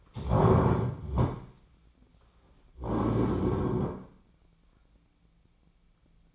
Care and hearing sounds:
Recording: daily activity, microphone in the room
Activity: stand up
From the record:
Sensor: 1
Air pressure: 1009.3 hPa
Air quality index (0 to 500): 176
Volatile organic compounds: 3 ppm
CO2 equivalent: 1482 ppm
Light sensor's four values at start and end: 43/115/48/57 and 41/108/45/54

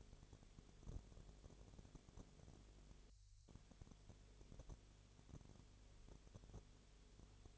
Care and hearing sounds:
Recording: daily activity, microphone in the room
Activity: no activity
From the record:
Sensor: 4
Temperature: 22.0 degrees Celsius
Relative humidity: 29.5%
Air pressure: 1002.1 hPa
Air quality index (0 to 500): 59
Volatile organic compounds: 1 ppm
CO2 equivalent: 609 ppm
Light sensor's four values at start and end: 2/3/1/1 and 2/3/1/1

